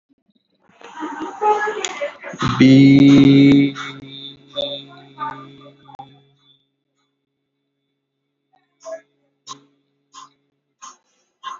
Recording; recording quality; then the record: sustained vowel as in beet; excellent, no background noise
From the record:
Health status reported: COVID-19 positive, mild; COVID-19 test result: positive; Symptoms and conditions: breathing difficulty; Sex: male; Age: 39 years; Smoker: not ticked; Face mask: not worn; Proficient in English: yes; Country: India